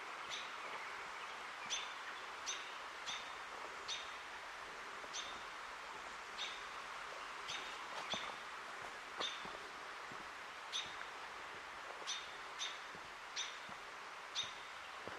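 In a Portland forest preserve, short bright bird chirps repeat every second or so over a steady rustling hiss, with occasional soft clicks.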